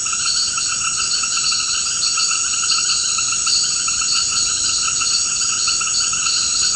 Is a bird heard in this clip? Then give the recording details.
no. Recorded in secondary vegetation near Puerto Asís, Putumayo, Colombia, on 21 March 2025 at 18:30. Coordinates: 0.488, -76.319. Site G095